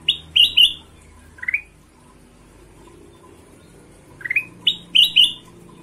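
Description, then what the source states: Ruby-throated bulbul giving a few upslurred whistled chirps, a long pause, then another quick burst of rising notes. Long tutor recording (masteran) of combination song, for training birds.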